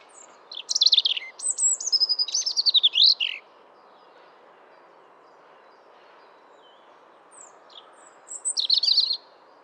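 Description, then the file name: European robin song: a quick, varied phrase of high thin whistles and trills, then a long pause before a shorter warbling phrase. "Erithacus rubecula"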